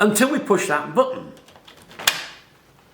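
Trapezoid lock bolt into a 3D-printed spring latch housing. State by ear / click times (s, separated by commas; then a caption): seated / 2.1 s. Someone talks while pressing the button on a 3D-printed plastic spring-loaded latch, releasing the springs that snap a trapezoid lock bolt into its housing. A sharp click is heard at 2.1 s. The spring latch is seated and locked, and the bolt no longer pulls out.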